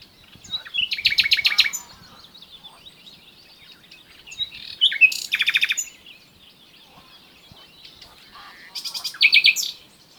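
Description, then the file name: Common nightingale song: three rapid, rattling trill phrases of fast repeated notes, each about a second long, separated by pauses of about three seconds with faint chirps. "Luscinia megarhynchos"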